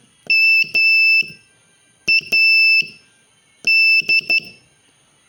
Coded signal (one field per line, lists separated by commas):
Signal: Morse code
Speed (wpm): 12 wpm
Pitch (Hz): 2650 Hz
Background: none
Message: MAD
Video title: Morse Code for Ham Radio Made Easy 4!